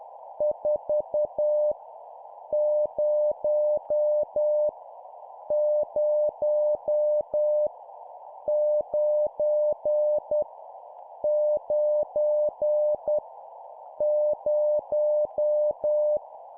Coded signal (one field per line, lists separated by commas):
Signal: Morse code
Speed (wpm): 10 wpm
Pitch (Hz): 600 Hz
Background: none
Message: 4 0 0 9 9 0